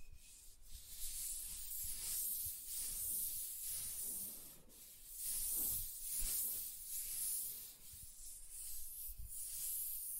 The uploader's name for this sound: Soft Tracing on Smooth and Rough Surfaces